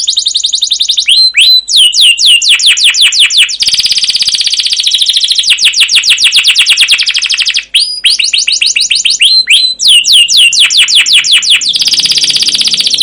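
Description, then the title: Canary song of rapid chirped trills alternating with dense, buzzy rolling passages, with a brief pause near eight seconds and steady high phrases throughout. Canary (kenari) masteran of long, rolling 'ngerol' 'gacor' song with 'cuit cuit' chirps, used as a lure to prompt other canaries to sing. "CUIT CUIT NGEROL LANGSUNG GACOR PANJANG Kenari Ini AMPUH Utk Pancingan KENAR. Masteran Suara Burung Kenari Gacor Panjang cuit cuit Ngerol untuk Pancingan Kenari!"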